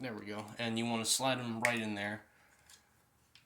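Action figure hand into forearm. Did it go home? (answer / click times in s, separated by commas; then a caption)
yes / 3.4 s. Someone talks while sliding the plastic hands of a Transformers Legacy G2 Universe Grimlock action figure into its forearms until they click in on both sides. After the talking stops, one faint, short click is heard at 3.4 s as a hand seats into place.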